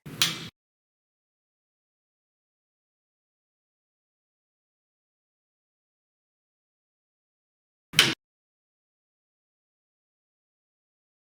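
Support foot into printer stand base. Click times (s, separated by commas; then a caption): 0.2 s, 8.0 s. A plastic support foot for a Xerox VersaLink B625 multifunction printer's adjustable stand is pressed by its tabs into the underside of the overturned printer stand base. Two short, sharp clicks are heard at 0.2 s and 8.0 s, with silence between them. Each click marks a foot seating into place.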